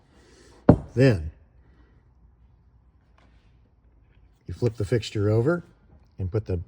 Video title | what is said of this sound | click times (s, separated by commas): Reed & Tule Xicato Light Engine Replacement Instructions | and you should feel it snap into place. | 0.7 s